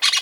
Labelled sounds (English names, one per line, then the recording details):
Brown-throated Parakeet contact call
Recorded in Venezuela
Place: Guárico; Corozopando; Fundo La Fe
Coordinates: 8.506, -67.593